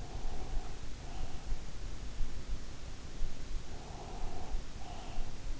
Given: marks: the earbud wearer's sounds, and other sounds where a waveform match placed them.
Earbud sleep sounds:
sounds in sleep by an in-ear microphone; breath
0.00-1.64 s: breath
3.60-5.54 s: breath

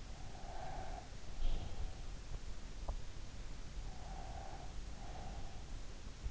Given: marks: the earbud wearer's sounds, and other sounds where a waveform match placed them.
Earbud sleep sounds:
sounds in sleep by an in-ear microphone; breath, swallowing
0.00-2.05 s: breath
2.21-3.12 s: swallowing
3.80-5.72 s: breath

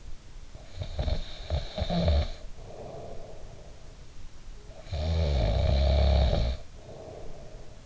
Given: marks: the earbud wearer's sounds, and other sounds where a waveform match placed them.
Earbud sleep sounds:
sounds in sleep by an in-ear microphone; snoring breath
0.58-4.06 s: snoring breath
4.58-7.86 s: snoring breath

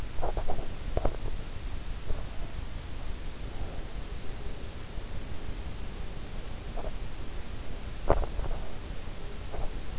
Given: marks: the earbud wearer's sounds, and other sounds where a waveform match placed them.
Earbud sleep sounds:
sounds in sleep by an in-ear microphone; teeth grinding, swallowing
0.00-1.40 s: teeth grinding
3.37-9.99 s: sound from someone else or the room
7.83-8.58 s: swallowing

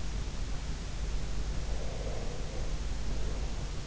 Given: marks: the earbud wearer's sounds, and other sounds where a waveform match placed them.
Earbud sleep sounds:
sounds in sleep by an in-ear microphone; breath
1.71-3.53 s: breath

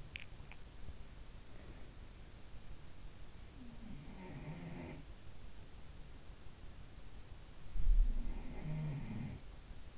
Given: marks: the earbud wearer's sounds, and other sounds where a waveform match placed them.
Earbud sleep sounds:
sounds in sleep by an in-ear microphone; swallowing
0.00-0.75 s: swallowing
1.30-2.27 s: sound from someone else or the room
3.31-5.13 s: sound from someone else or the room
7.66-9.42 s: sound from someone else or the room

